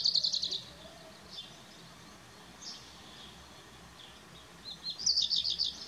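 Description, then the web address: Black redstart singing bursts of high, rapid repeated notes at the start and end, separated by a long quiet gap with a few faint notes and soft background hiss. "ptaki kopciuszek kopciuszek"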